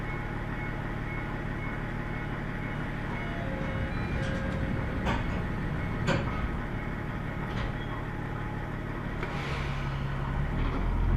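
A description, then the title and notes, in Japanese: A Tenryu Hamanako Railway train runs from Miyakoda toward Tenryu-Futamata, its engine a steady low drone with a constant hum throughout. Sharp clicks and clanks of the wheels on rail joints come irregularly, near 5, 6, 7.5 and 9.5 seconds. 天竜浜名湖鉄道 都田→天竜二俣。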